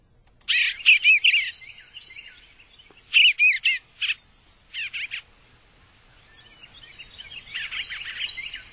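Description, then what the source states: Eastern bluebird song: short warbled phrases in two main bursts a couple of seconds apart, a few fainter notes after, and quieter chirping near the end. Song described as 'cheer, cheerful charmer' said fast.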